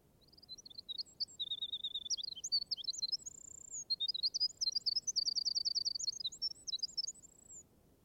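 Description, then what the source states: High, rapid Winter Wren song of tumbling warbles and trills, a long run with a brief pause midway, over a steady low background hiss. Library recording played in an audiobook; song very strong for so small a bird, brilliant and plaintive, like a tremulous vibrating tongue of silver, gushing and lyrical.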